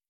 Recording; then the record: hydrophone in a shrimp aquaculture tank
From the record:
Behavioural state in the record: starved